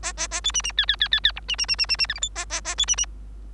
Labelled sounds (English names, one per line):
Bengalese Finch song